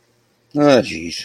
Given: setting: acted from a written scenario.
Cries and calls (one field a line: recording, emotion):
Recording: vocal sound without words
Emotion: embarrassment